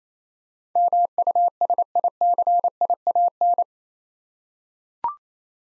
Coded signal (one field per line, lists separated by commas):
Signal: Morse code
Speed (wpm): 28 wpm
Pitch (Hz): 700 Hz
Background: none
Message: MUSICIAN